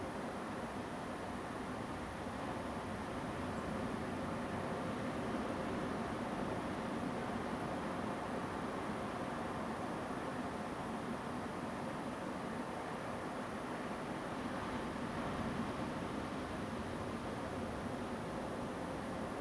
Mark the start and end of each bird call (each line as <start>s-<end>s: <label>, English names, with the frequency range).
3.56s-3.60s: Song Thrush (7.2-8.3 kHz)